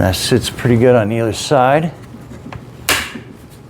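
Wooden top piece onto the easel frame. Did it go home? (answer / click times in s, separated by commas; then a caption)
yes / 2.9 s. The wooden top piece of a VEVOR 3-in-1 wooden double-sided kids' art easel, with magnetic whiteboard and chalkboard, is pressed down onto the easel frame while someone talks. It snaps into place with a sharp knock at 2.9 seconds, and the piece is seated.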